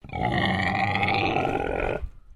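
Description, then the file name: Landrace pig giving one low, rough, drawn-out growl lasting about two seconds, steady and harsh throughout before cutting off. "ANIMAL PIG LANDRACE ALICE GROWL"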